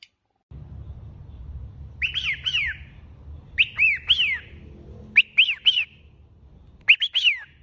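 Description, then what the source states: Cockatiel calls: groups of two or three arched chirps at intervals, with low rumbling background noise in the first part. Several cockatiels, singing with whistling.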